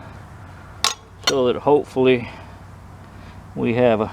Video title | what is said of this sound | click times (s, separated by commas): Beam Maintenance and Preventive Maintenance | I like to reverse my threads until it clicks | 0.8 s